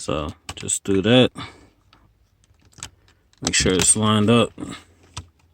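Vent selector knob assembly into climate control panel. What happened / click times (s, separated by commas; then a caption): The plastic part is being lined up; it has not seated yet / none. Someone talks while lining up the plastic vent selector knob assembly with the knob, about to push it back into the climate control panel of a Yaris, with faint handling taps and a sharper tap near the end. The clip ends before the part goes home, so nothing has seated or clicked yet.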